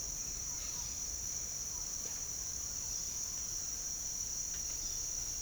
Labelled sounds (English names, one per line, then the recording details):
none
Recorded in dense forest near Puerto Asís, Putumayo, Colombia, on 13 March 2025 at 08:30
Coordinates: 0.484, -76.325
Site G045